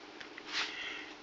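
Someone handles a plastic bezel, pressing it straight down along its lower edge onto the case of an IBM 600x laptop. Two faint ticks at 0.2 and 0.4 s are followed by a broad, breathy rush of handling noise around 0.6 s. Nothing has seated or clicked yet.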